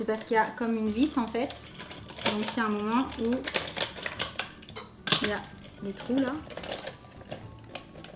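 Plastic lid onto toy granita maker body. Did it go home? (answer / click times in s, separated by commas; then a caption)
no / none. Someone talks while lining up the plastic lid of a toy granita (slush) maker over the holes in its body and turning it onto the screw-like fitting, with light plastic taps and rattles between the words. The lid is handled but not yet home; nothing has seated or clicked yet.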